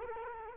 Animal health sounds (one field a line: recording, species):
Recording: mosquito wingbeat signal from an infrared sensor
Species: Culex quinquefasciatus